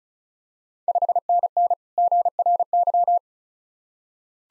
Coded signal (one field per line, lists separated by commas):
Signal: Morse code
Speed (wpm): 36 wpm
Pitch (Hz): 700 Hz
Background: none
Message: 5NN GRY